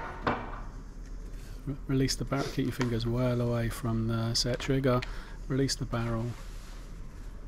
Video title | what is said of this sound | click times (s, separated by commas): Antique bellows airgun restoration & shoot 1830’s Windbüchse Kuchenreuter vintage air rifle review | turn the spindle clockwise till it clicks release | 0.3 s